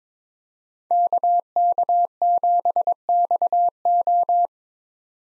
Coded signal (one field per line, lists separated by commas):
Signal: Morse code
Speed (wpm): 26 wpm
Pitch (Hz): 700 Hz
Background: none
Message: KK7XO